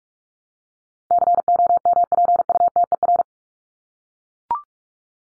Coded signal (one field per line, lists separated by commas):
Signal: Morse code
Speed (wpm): 44 wpm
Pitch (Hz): 700 Hz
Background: none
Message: COMPUTER